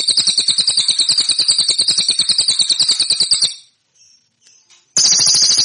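Cililin song: a loud, fast, metallic trill of evenly repeated pulses. It breaks off after about three and a half seconds, leaving a short silence, then starts again abruptly.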